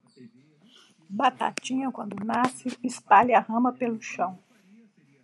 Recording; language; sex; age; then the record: short text; Brazilian Portuguese; female; 50 to 59 years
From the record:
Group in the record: control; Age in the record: 57 years